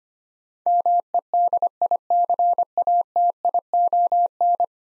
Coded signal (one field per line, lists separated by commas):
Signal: Morse code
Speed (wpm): 25 wpm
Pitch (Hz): 700 Hz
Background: none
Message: MEDICATION